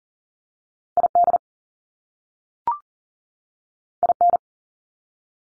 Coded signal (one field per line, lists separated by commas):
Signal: Morse code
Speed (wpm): 40 wpm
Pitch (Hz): 700 Hz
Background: none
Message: ID IN